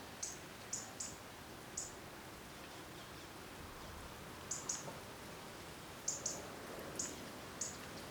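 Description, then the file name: European robin calling with faint, high, thin notes, some in quick pairs, scattered through a steady background hiss. "Erithacus rubecula"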